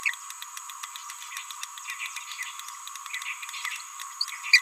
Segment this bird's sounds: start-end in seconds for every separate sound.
4.20-4.25, 4.53-4.60